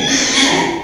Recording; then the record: squeal of a Yucatan mini pig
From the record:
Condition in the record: before surgery on the right vocal fold (resection and tissue-engineered implant); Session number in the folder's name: 2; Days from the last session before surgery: 0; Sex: male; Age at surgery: 12 weeks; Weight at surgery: 13 kg